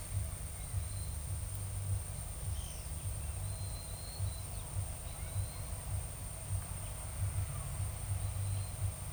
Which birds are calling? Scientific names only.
none